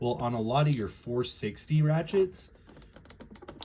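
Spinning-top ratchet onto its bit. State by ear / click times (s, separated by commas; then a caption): seated / 3.6 s. Someone talks while reassembling a plastic spinning-top ratchet onto its bit, struggling to work it back together. Several small clicks are heard as it is worked into place, followed by a louder final snap at 3.6 s as the ratchet locks onto the bit.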